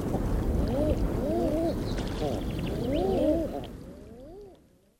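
Common eider calls, a run of rising-and-falling crooning notes, partly overlapping, against wind and low rumbling noise that fades out at the end.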